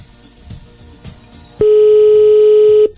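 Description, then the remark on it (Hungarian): An outgoing phone call's ringing tone, calling the listener of the day on the Balázsék show: a single loud, steady mid-pitched beep lasting just over a second, following a stretch of faint low rumbling and soft clicks. “Hívjuk a nap hallgatóját már is.”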